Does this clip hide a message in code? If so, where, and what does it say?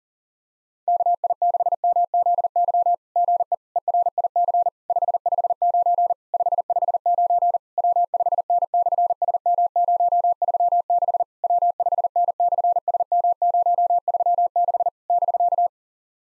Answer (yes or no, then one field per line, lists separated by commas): yes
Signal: Morse code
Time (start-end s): 0.9-15.7 s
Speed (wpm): 40 wpm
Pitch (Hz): 700 Hz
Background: none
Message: KI6MZY GE ERIC 559 559 W5N/SM036 W5N/SM036 <BK>